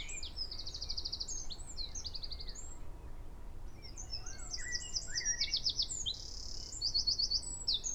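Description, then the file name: Eurasian wren song: high, rapid buzzy trills and sharp chirps in quick bursts, with a second long trilled phrase after a short pause, over a steady low background hiss. "Troglodytes troglodytes"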